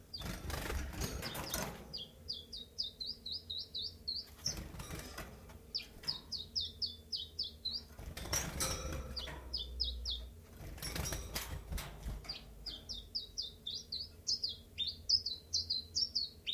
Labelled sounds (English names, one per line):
Common Chiffchaff